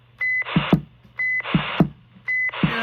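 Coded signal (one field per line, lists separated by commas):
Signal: none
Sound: a CB roger beep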